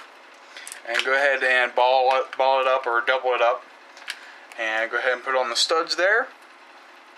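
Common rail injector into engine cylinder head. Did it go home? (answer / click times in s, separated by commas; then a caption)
no / none. A common rail diesel injector sits in the cylinder head of a 5.9L engine while a clean rag is balled up or doubled and placed over it on the studs. Someone talks throughout, with a few brief faint ticks around 0.6 s and 4.1 s. The injector has not yet been pushed home, and nothing has seated or clicked yet.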